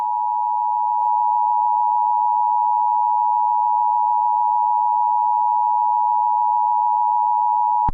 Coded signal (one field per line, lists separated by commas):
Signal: Emergency Alert System (SAME) tones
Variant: 853 and 960 Hz attention tone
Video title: EAS Thunderstorm Alarm On Vasunas Channel (April 14, 2026) (8:00 pm) West Massachusetts